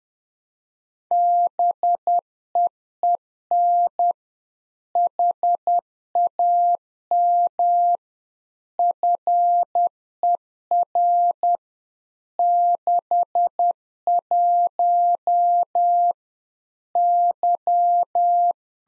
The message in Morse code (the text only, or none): BEEN HAM FER 61 Y